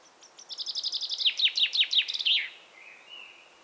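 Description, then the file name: Common chaffinch song: thin opening notes speed into a descending series of repeated chirps, closing with an emphatic flourish, followed by a soft thin note. "Fringilla coelebs"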